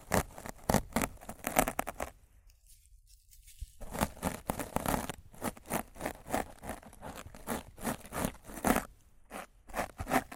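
Rough mic scratching and brushing in dense, rapid strokes, crisp and hissy, with a near-silent gap around two to four seconds.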